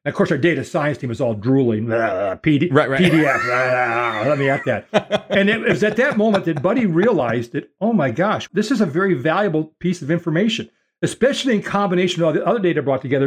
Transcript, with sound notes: And of course, our data science team is all drooling. “PDF, [drooling sound] let me at that.” And it was at that moment that Buddy realized that, oh, my gosh, this is a very valuable piece of information, especially in combination with all the other data brought together.